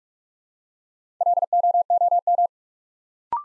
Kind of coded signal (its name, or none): Morse code